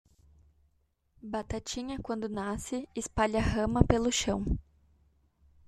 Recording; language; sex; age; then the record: short text; Brazilian Portuguese; female; 20 to 29 years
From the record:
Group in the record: control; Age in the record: 25 years